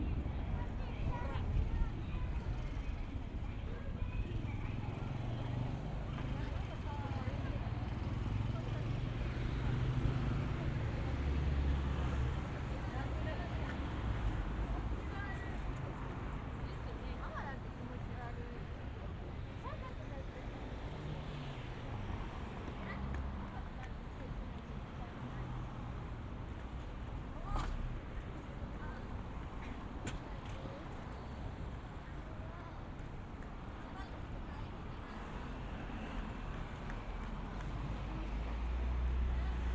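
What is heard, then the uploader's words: A walk through Harajuku in Tokyo, with a steady, dense hum of traffic and passing vehicles filling the low end throughout. Voices of people murmur constantly underneath, and a few brief sharp clicks or taps stand out around the middle, near 27 seconds. 3D AUDIO Walking in Harajuku(原宿)Tokyo, Japan.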